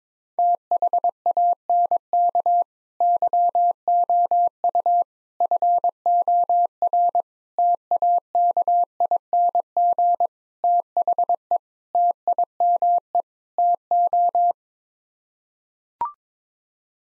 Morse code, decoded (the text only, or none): THANK YOU FOR TAKING THE TIME TO